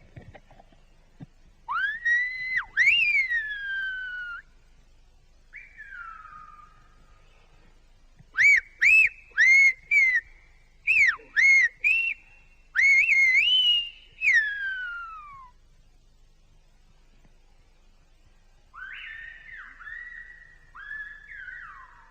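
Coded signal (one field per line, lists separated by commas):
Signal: whistled language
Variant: Silbo Gomero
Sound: loud piercing whistles rising and falling in pitch, in short phrases with pauses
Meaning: Asks what has been planted on this island, with a reply listing crops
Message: ¿Qué plantas has sembrado en esta isla?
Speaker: Now I'm going to ask him what they plant on this island. ¿Qué plantas has sembrado en esta isla?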